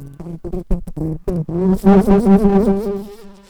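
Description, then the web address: Common carder bee buzzing, a low droning hum broken into short bursts at first, then settling into a steady, slightly wavering continuous buzz. Workers. "bumblebees Pascuorum-workers"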